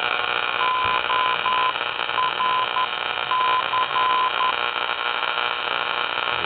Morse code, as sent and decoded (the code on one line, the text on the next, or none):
--- .-. -.-.
ORC